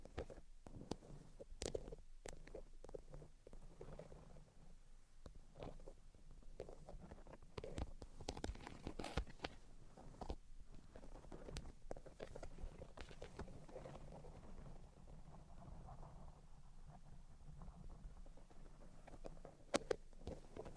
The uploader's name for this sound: Tapping, Scratching, and Tracing Sounds